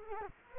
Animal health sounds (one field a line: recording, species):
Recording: mosquito wingbeat signal from an infrared sensor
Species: Culex quinquefasciatus